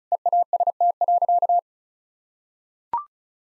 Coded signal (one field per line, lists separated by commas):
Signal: Morse code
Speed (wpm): 36 wpm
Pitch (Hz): 700 Hz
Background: none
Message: EAST.